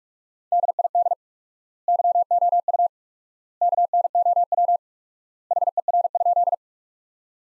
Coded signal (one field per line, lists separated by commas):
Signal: Morse code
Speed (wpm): 43 wpm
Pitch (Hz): 700 Hz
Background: none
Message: DID YOU KNOW HER?